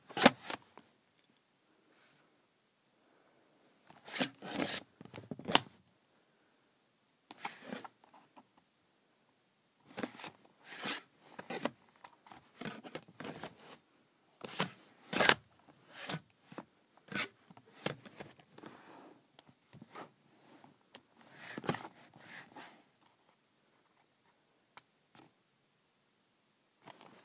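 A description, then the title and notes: A calculator cover is slid on and off in quick, scraping bursts, each a short bright rasp with a sharp start. The strokes come in irregular clusters with brief silences between them, busiest from about ten to twenty-three seconds, then thinning to a few isolated clicks. Sliding my Calculator Cover.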